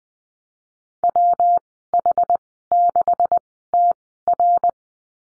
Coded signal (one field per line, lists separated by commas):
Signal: Morse code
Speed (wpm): 20 wpm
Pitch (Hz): 700 Hz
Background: none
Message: WH6TR